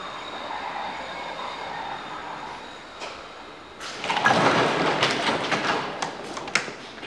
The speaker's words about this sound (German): Da kommt der Zug. Er wartet nicht.